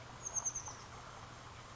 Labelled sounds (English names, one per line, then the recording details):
Oak Titmouse
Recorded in Sonoma County, California